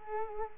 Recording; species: mosquito wingbeat signal from an infrared sensor; Culex quinquefasciatus